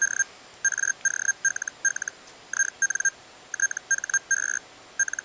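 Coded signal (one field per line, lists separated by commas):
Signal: Hellschreiber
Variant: Feld Hell, 122.5 baud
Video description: This is what Feld Hellschrieber looks like on my PSP oscilloscope.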